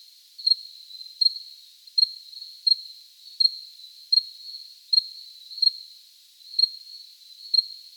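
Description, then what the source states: Cricket giving a high, even trill with sharp chirps repeated about once or twice a second. Recorded close up.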